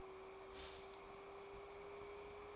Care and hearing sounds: daily activity, microphone in the room; stop toaster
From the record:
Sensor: 1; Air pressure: 1014.7 hPa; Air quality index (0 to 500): 193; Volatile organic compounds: 28 ppm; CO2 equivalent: 2921 ppm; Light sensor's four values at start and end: 4/9/3/3 and 4/9/3/3

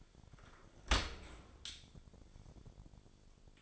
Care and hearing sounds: daily activity, microphone in the room; open dishwasher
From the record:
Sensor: 5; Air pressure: 1006.8 hPa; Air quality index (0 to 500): 182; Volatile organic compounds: 5 ppm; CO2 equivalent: 1738 ppm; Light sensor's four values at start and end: 53/149/58/59 and 53/148/58/58

